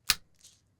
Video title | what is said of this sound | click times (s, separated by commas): VEX Camp - IQ Session 3: Driving the Clawbot | So again, if it's not, you wanna slide it into the brain and press it till you hear the click. | 0.1 s